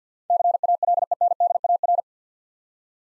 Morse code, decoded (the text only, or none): CALENDAR